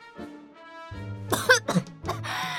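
A strained, voiced throat sound gives way to sudden, violent coughing: several harsh, loud bursts in quick succession, ending in a raspy, choking wheeze.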